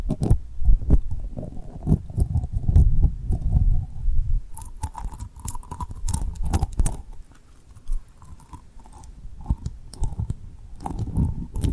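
Tapping and rubbing on rhinestones, heard as dense, quick clicks and taps over a low, rumbling scrape. The first four seconds are heavier and fuller; after that, sharper taps come in bursts with soft mouth sounds and a faint ringing tone between them.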